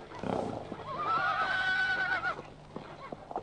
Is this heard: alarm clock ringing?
no